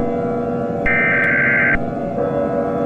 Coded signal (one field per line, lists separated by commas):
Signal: Emergency Alert System (SAME) tones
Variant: header bursts